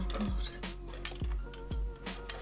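A stock CPU cooler's plastic push pin is pressed down through a motherboard mounting hole while the board is supported from below. A sharp click at 1.0 s shows the pin seating, with music playing in the background. Someone talks.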